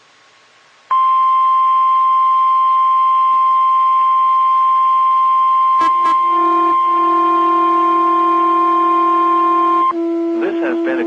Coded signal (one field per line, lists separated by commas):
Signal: Emergency Alert System (SAME) tones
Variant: 1050 Hz attention tone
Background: speech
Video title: WE MADE IT TO EAS #300 AND LAST WEEKLY TESTS OF THE YEAR EAS Tests From 12/30/20 (EAS #298-303)